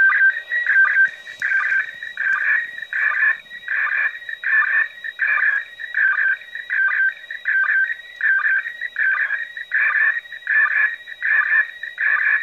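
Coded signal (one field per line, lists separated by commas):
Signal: SSTV (slow-scan television)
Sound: warbling, buzzy tones stepping between pitches in a fast regular rhythm, with short low blips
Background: radio static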